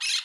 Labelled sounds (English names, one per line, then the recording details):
Brown-throated Parakeet contact call
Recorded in Curacao
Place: Hoffi Jan Thiel
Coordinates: 12.094, -68.877